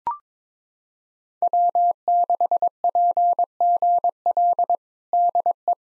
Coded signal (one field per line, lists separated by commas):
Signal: Morse code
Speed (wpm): 21 wpm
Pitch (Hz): 700 Hz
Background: none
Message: W6PGL DE